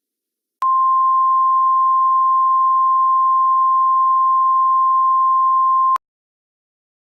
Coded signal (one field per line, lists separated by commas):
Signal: Emergency Alert System (SAME) tones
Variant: 1050 Hz attention tone